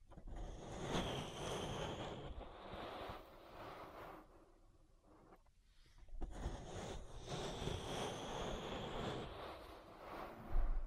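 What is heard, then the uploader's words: Rushing rubbing sounds of an ear massage sweep across the microphone in two long passes, with a hissy, airy brightness over a deep rumble. A brief near-silent pause falls around the middle, and a soft thump closes the clip. ASMR Relaxing Ear Massage.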